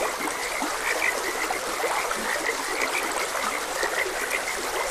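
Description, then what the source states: A chorus of frogs calling, many quick chirping croaks repeating without pause against a constant trickling stream. Frogs croaking beside a gentle stream.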